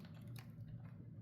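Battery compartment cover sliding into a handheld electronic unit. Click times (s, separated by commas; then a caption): 0.4 s. After four spring-loaded batteries are loaded into an Avatar Type-4 handheld electronic unit, its battery compartment cover or holder is slid back into place over a steady low hum. A quiet click at 0.4 s, preceded by a faint tick at 0.1 s, shows the cover seating right back into place.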